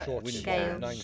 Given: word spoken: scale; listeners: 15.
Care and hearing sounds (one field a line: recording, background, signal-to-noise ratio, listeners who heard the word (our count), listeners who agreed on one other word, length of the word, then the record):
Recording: one English word in noise, from a listening test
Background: four-talker babble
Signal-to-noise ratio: -0.2 dB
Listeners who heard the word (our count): 3 of 15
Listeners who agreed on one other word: 10 of 15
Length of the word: 0.64 s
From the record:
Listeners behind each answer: 10, 3, 1, 1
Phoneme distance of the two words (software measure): 17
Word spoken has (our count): 1 syllable, 4 phonemes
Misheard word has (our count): 1 syllable, 3 phonemes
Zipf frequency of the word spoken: 4.72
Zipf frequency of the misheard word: 3.62